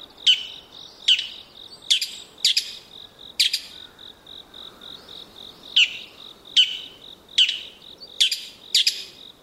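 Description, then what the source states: Bull-headed shrike calling with loud, scratchy screeches repeated at uneven intervals, with a cricket-like pulsing trill running underneath. Recorded at Yumura Onsen, Shimane Prefecture, Japan.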